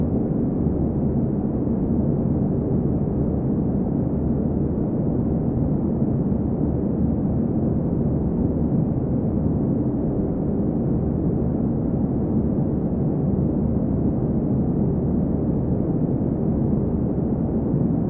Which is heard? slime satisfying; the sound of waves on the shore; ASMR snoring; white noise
white noise